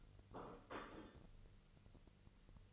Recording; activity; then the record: daily activity, microphone in the room; place plate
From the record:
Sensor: 4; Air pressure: 1008.3 hPa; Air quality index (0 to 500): 82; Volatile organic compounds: 1 ppm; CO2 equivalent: 650 ppm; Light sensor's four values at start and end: 13/30/12/12 and 13/30/12/12